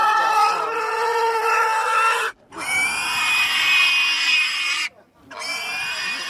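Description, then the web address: Pigs screaming, long harsh shrieks with strong harmonics, two brief gaps of silence between sustained bursts. "the sound pack tree. screaming pigs"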